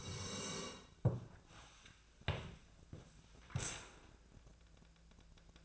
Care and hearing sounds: daily activity, microphone in the room; sit down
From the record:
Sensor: 2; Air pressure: 1000.3 hPa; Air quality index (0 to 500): 159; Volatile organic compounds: 3 ppm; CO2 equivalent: 1329 ppm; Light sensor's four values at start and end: 9/19/8/9 and 9/20/9/9

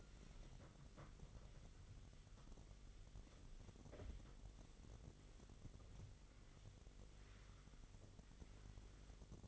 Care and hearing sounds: daily activity, microphone in the room; wipe stove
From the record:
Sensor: 4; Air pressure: 1004.1 hPa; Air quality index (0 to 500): 158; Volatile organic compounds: 2 ppm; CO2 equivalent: 1126 ppm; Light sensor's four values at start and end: 12/29/12/13 and 12/29/12/13

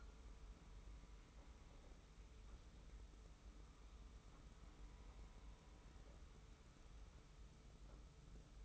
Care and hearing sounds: daily activity, microphone in the room; wipe stove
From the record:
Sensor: 1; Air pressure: 991.5 hPa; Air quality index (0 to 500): 132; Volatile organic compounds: 441 ppm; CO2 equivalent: 4737 ppm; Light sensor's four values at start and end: 40/125/49/51 and 40/125/49/51

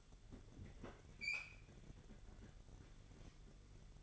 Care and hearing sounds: daily activity, microphone in the room; open fridge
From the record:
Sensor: 4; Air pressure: 989.2 hPa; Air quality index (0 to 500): 222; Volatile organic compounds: 78 ppm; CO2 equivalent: 3591 ppm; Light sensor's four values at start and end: 26/92/34/36 and 26/91/33/35

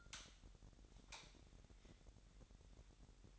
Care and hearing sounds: daily activity, microphone in the room; light on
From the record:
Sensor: 3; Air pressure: 1011.9 hPa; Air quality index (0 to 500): 232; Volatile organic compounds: 5 ppm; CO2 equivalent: 1720 ppm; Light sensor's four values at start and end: 14/33/14/14 and 17/42/18/18

